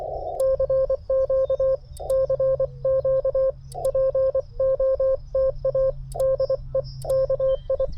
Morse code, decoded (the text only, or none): CQ CQ POTA DE KI